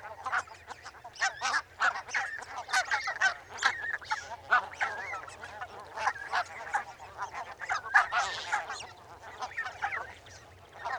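Barnacle goose flock calling, many short yapping barks overlapping continuously, with a low steady hum beneath.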